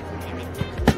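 A power tool is unlocked one-handed from a belt-mounted tool holster and released, with music playing in the background. A soft thump comes at 0.6 s, and a single sharp hit at 0.9 s marks the release.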